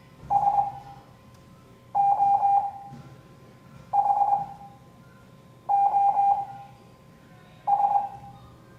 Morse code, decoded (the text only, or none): SOHOS